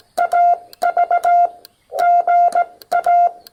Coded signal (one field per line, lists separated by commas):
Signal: Morse code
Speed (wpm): 18 wpm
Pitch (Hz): 700 Hz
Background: none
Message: AV GA